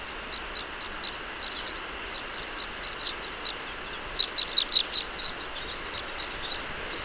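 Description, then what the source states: Red crossbill flight calls: short, sharp high kip notes scattered throughout, with a quick run of several just after the middle. Call type E; flight calls.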